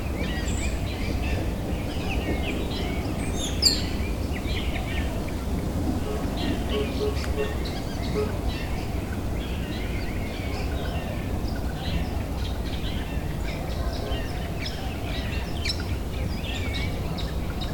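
Spring bird chatter: many birds call and twitter at once in short, bright chirps and trills that overlap throughout, with one sharp high call near four seconds. Beneath them runs a steady low rumble of background noise that never lets up.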